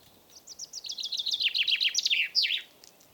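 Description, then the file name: Common chaffinch song, one cascading phrase of rapid descending notes that finishes with an emphatic flourish, over a faint background hiss. "Fringilla coelebs"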